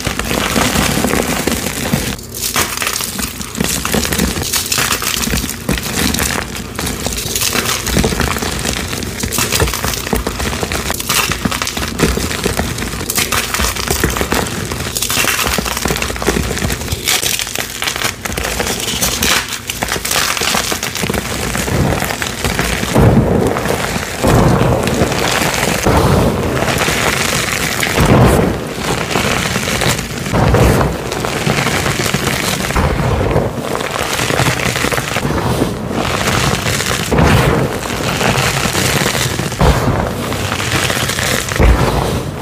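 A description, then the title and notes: Blocks of colorful dyed chalk are crushed into powder in a dense, continuous run of crunching and crumbling. Sharp cracks and snaps stand out frequently throughout, over a steady gritty rasp that holds an even loudness from start to finish. ASMR crushing 24+ blocks of colorful crispy dyed chalk into fine powder.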